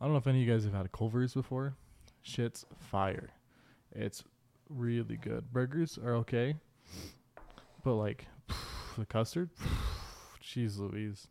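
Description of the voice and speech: A relaxed adult man talks casually about custard in fluent, ordinary speech, with a sharp breath near the end.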